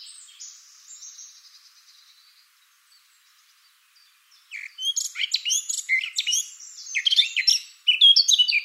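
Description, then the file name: Eurasian blackcap song: soft, thin twittering, then a loud, rich burst of fast varied warbling notes that jump quickly up and down. "Sylvia atricapilla"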